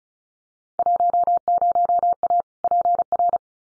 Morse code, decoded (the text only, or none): 10A PR